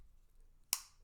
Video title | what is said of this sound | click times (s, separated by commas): Scout Skills Knife Safety | you hear that click it has a locking mechanism that keeps the blade from closing while it's in use | 0.7 s